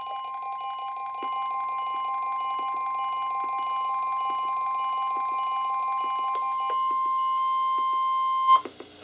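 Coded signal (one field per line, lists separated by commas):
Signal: Emergency Alert System (SAME) tones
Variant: 1050 Hz attention tone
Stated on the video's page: NOAA Weather Radio SAME alerts from KHB36, including coastal flood, special marine and severe thunderstorm warnings issued by NWS Sterling, VA.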